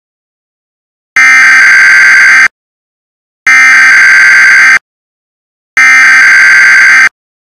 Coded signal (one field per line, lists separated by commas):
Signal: Emergency Alert System (SAME) tones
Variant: header bursts